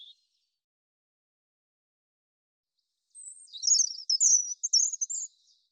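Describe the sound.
European robin song: a short high note, a pause of a few seconds, then a single warbling phrase of high trills and sliding whistled notes.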